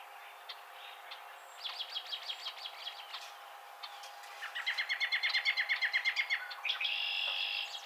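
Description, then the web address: Song sparrow song: a quick series of repeated notes, a pause, then a fast, even trill that ends in a buzzy, sustained flourish. Recorded on 28 April 2007. "Song Sparrow 2007 04 28"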